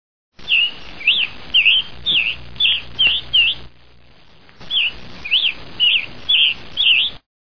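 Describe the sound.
Tanager calls: short chirped notes repeated about twice a second, with a brief quiet pause midway before the series resumes.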